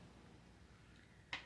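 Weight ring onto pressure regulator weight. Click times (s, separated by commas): 1.3 s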